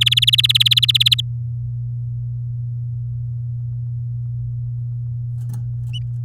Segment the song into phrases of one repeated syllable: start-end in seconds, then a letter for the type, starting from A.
0.01-1.21 A